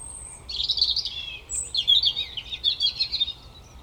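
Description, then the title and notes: European robin song: high, thin whistles, each followed by a rapid, liquid jumble of warbles and twittering trills. Koniówka, Lesser Poland, Poland; Zoom F3 recorder with Usi Pro drop rig. "Koniówka, województwo małopolskie, Polska - Robin, King of the Petland. Recordist: Maciej Wirmański"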